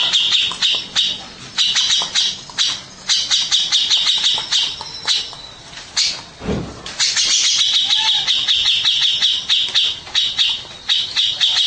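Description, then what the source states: Birds calling in a loud, fast chorus of high, squeaky chirps in repeated bursts, broken by a brief downward swooping sound midway. Mixed birds calling together.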